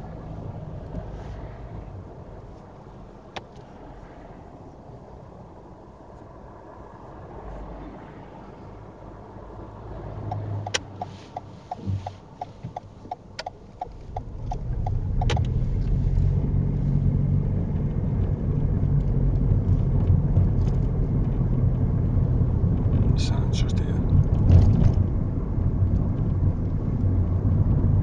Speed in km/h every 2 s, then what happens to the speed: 0, 0, 0, 0, 0, 0, 6, 18, 24, 29, 34, 34, 34, 35.
0-11 standing. 11-19 pulls away to 34. 19-28 steady at about 34.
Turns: none.